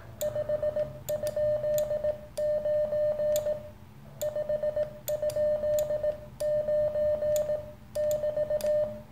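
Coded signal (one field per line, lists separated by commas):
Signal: Morse code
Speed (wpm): 18 wpm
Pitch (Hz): 600 Hz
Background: none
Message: 5?9 5?9 <BT>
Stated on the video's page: Single-band CW transceiver, the Weber Soda Pop kit radio, used for on-air contacts.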